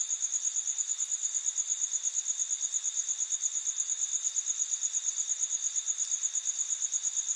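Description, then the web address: Steady cricket chirping, shrill and evenly pulsed nearly three times per second, continuing the whole time over soft noise. Crickets at night in an urban setting in the USA. "bug crickets night urban usa"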